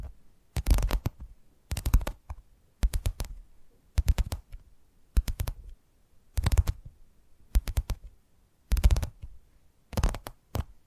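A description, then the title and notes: Bursts of quick tapping arrive roughly once a second, each a crisp cluster of clicks with a low thump, separated by near silence. ASMR 10 Addictive Tapping Triggers. (No Talking).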